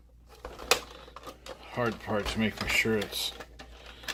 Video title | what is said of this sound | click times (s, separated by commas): Optoma TWR1693 DLP Video Projector Light Tunnel Repair Part 2 | Just takes a little wiggling and it will pop into place. | 0.7 s